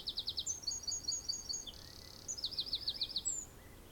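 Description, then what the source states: Bird song, high and clear: rapid repeated trill notes, a long buzzy held note, then looping twittered phrases, with faint hiss behind. Birds singing in a garden.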